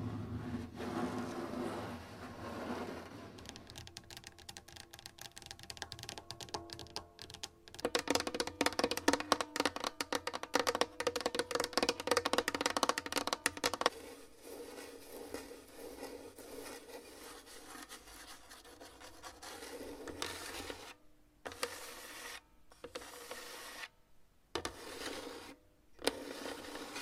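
Long nails scratch and tap, starting with a soft rubbing, then turning into dense, rapid scratching from about 4 to 14 seconds. After that the scratching slows into a lighter, rasping rub, broken near the end by several short silent gaps.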